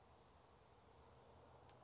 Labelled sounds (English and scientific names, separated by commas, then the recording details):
California Towhee (Melozone crissalis)
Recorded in Sonoma County, California